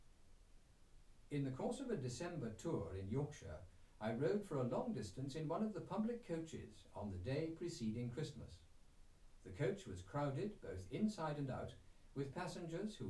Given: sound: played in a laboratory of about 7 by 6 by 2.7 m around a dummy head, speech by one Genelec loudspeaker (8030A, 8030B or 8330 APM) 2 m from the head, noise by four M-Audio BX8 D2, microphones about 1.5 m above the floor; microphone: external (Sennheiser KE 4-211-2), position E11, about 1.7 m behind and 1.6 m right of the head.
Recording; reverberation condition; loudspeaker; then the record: male speech in English; low; 30 degrees to the right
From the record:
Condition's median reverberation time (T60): about 310 ms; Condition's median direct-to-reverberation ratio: about 3.5 dB